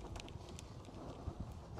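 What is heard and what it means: A wind-down leg unit on a Roller Team Zefiro 747 campervan is being wound back into its housing toward its stowed position. Brief sharp ticks come at about 0.2, 0.3 and 0.6 seconds over a low rumbling background. Nothing has clicked or seated yet.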